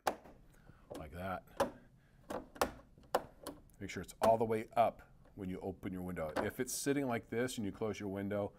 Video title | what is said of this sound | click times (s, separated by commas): How To Adjust & Servicing A Marvin Ultimate Casement | it on there until you hear a snap like that make | 0.1 s